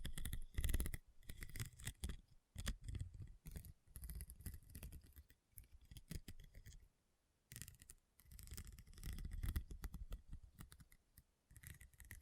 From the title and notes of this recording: ASMR SENSATIONAL RHINESTONE Tapping & Scratching Sounds (No Talking).